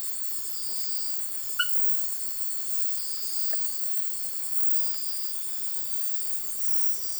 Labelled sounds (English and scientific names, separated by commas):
none